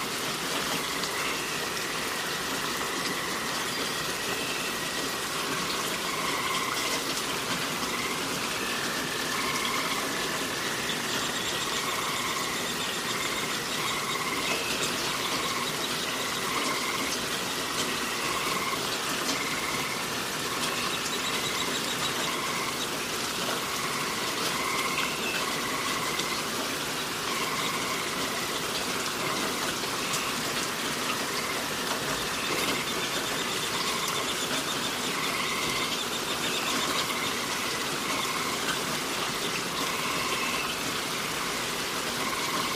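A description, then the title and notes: Rain pours down in a dense, unbroken hiss that stays level for the whole stretch, heavy in the upper range with little low rumble. Faint repeated chirps or squeaks sit steadily inside the wash, recurring every few seconds throughout. Relaxing Rain Sounds & Forest Ambience.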